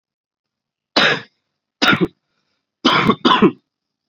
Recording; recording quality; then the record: shallow voluntary cough; excellent, no background noise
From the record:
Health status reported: COVID-19 positive, mild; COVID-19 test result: positive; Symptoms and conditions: cough, cold, sore throat, fever, fatigue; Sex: male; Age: 26 years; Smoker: not ticked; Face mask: not worn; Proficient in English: yes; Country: India